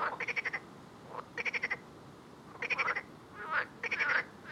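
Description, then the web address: Frogs calling with short rattling bursts of rapid pulses about every 1.2 seconds, and a couple of swooping chirps near the end. "Soundscape Frog 1"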